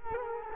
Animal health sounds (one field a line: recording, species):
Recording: mosquito wingbeat signal from an infrared sensor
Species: Culex quinquefasciatus